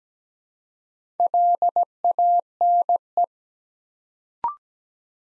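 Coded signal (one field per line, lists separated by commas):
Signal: Morse code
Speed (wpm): 17 wpm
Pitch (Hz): 700 Hz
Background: none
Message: LANE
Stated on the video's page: Morse practice set at 17 wpm, letters sent one at a time building four-letter words, for beginners working on instant character recognition.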